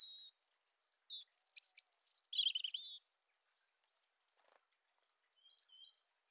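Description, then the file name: European robin phrase of thin high whistles and a tumbling warble, followed by silence and a few faint soft notes later. "Erithacus rubecula"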